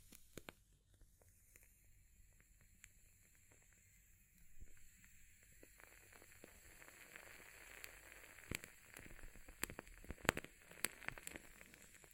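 Fire crackles with sharp scattered pops and snaps, quiet at first, then a steadier hiss and denser crackling from about four seconds on.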